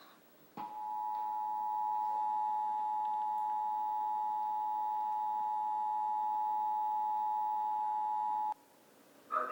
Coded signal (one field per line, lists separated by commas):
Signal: Emergency Alert System (SAME) tones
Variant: 853 and 960 Hz attention tone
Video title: Emergency Alert System